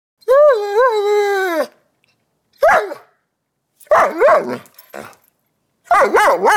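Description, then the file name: Dog whimpering in a long wavering whine, then a few short, high yelping barks in small bursts separated by pauses. Whimpering and barking. "DOG WHIMPER and BARK"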